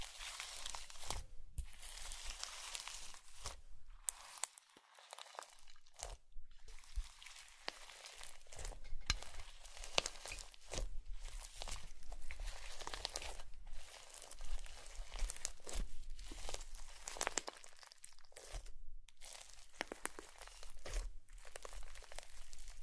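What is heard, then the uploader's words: Slime being squeezed and worked by hand, with a continuous run of wet, crackling squelches and crinkly pops. The sounds are dense and irregular, mostly bright and hissy, broken by brief silent gaps around five, six, eighteen and nineteen seconds. Slime Sounds.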